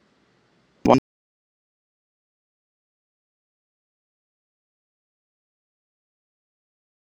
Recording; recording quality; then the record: counting at a fast pace; poor, much background noise or distortion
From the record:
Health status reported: COVID-19 positive, mild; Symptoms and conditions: cough, cold, sore throat, fever, fatigue, muscle pain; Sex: male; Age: 25 years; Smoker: not ticked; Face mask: not worn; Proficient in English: yes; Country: India